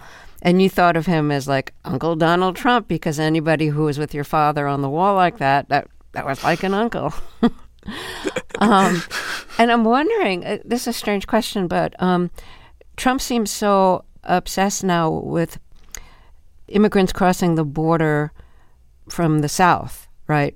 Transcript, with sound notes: And you thought of him as, like, Uncle Donald Trump because anybody who was with your father on the wall like that, that was like an uncle.
(LAUGHTER)
And I'm wondering - this is a strange question. But Trump seems so obsessed now with immigrants crossing the border from the south - right?